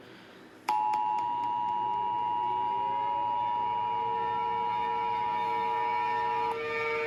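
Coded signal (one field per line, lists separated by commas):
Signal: Emergency Alert System (SAME) tones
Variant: 853 and 960 Hz attention tone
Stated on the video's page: Fictional alert scenario.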